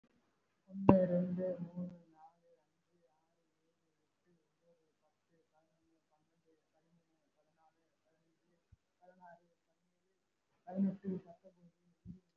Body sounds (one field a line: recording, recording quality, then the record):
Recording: counting at a normal pace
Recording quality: poor, much background noise or distortion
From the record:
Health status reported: respiratory illness, not identified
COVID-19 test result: not tested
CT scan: not taken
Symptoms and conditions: cough, breathing difficulty, asthma, another respiratory illness, hypertension, another condition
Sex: female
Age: 42 years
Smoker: no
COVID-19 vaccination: none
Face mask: worn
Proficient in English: no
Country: India